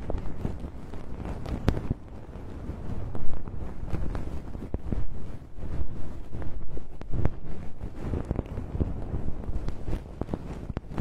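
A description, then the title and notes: Fluffy earwax is worked out of the ear with soft brushing and scraping, over a steady low rumble. Small crackles and ticks come every second or so, with sharper clicks near 2, 5 and 7 seconds. Removes fluffy earwax, numbs the ear without harshness, produces delicate sound.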